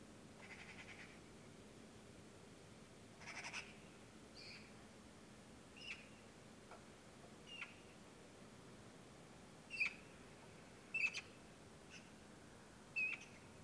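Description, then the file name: Eurasian magpie, faint: a couple of rough, noisy bursts early on, then sparse short squeaky notes and clicks spaced a second or more apart. "Pica pica"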